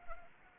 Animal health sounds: mosquito wingbeat signal from an infrared sensor; Anopheles arabiensis

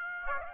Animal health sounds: mosquito wingbeat signal from an infrared sensor; Aedes aegypti

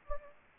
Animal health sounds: mosquito wingbeat signal from an infrared sensor; Anopheles gambiae

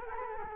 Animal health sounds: mosquito wingbeat signal from an infrared sensor; Culex quinquefasciatus

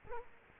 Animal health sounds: mosquito wingbeat signal from an infrared sensor; Culex quinquefasciatus

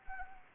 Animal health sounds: mosquito wingbeat signal from an infrared sensor; Anopheles gambiae

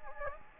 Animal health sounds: mosquito wingbeat signal from an infrared sensor; Anopheles gambiae

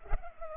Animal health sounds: mosquito wingbeat signal from an infrared sensor; Culex pipiens

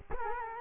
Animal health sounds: mosquito wingbeat signal from an infrared sensor; Culex quinquefasciatus

